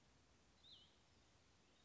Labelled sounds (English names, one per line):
Cassin's Vireo